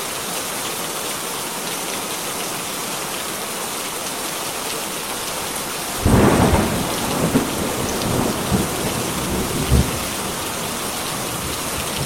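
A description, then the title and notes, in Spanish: Heavy rain pours steadily on a farm at night, a dense, even hiss filling the whole clip. Around six seconds a deep rumble of thunder rolls in, swelling and trembling with low thumps until nearly ten seconds, then fading back beneath the rain. Lluvia torrencial y el trueno tembloroso en una granja en una noche de tormenta. Lluvia Bajo Torrencial Con Truenos.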